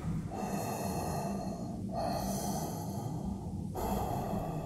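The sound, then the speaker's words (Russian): Steady, hissing breaths drawn through an oxygen mask, three long cycles with a brief valve-like click between each, continuous and fairly loud with no talking. “Дышится хорошо.”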